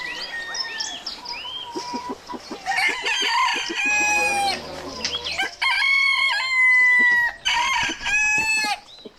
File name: chicken